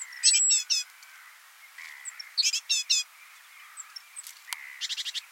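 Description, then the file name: Great tit calls in short bursts of a few high, sharply descending notes, repeated a few times with brief gaps, over faint background hiss. "Parus major"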